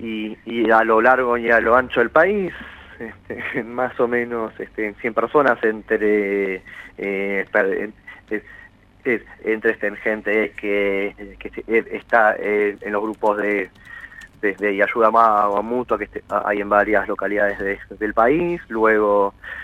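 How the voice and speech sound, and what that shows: An adult man who stutters speaks Spanish over a phone line, with stretched vowels, repeated words and syllables, and hesitant restarts typical of stuttering.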